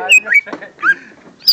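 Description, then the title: Greater green leafbird song: a quick run of varied notes, a clear whistle, a slurred rising note, a rich warble, then a loud high descending note after a pause. "Kicau Burung Cucak Ijo"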